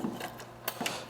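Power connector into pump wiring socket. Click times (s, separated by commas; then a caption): 0.7 s. A power connector is pushed into its socket on the pump wiring as the second power connection clicks in and seats at 0.7 s. A second, slightly longer click follows at 0.9 s over a low mechanical background.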